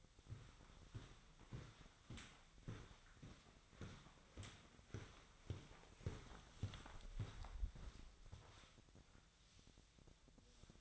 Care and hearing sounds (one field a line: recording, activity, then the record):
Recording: daily activity, microphone in the room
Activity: walk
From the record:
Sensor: 3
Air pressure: 1009.3 hPa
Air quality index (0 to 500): 191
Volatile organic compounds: 4 ppm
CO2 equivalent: 1545 ppm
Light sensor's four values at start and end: 58/148/65/68 and 57/148/65/67